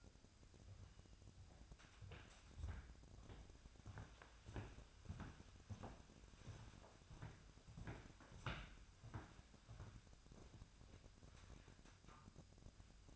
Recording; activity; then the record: daily activity, microphone in the room; walk to room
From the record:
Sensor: 2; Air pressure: 999.8 hPa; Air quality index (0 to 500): 117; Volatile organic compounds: 2 ppm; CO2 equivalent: 1014 ppm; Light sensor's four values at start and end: 34/79/36/40 and 32/75/34/38